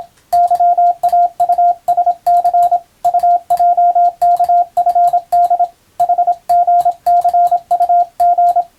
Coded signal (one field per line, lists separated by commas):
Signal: Morse code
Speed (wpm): 26 wpm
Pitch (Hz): 700 Hz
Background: radio noise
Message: YAUSC UJKFD HGCUG